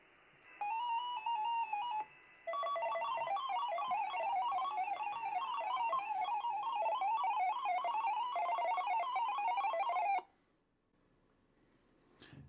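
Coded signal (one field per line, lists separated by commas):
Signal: multi-tone FSK (Olivia or MFSK type)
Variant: Contestia 4/250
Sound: warbling melody of tones hopping rapidly around 900 Hz for about ten seconds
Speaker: frequency, 7110, 900 on the waterfall, contestia 4250, and our RX ID is on, of course. So whatever mode is transmitted will detect that. it will switch our mode to the incoming mode that's being used and uh begin decoding.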